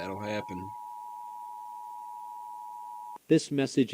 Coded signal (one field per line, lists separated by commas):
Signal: Emergency Alert System (SAME) tones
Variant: 853 and 960 Hz attention tone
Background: speech